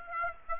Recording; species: mosquito wingbeat signal from an infrared sensor; Aedes aegypti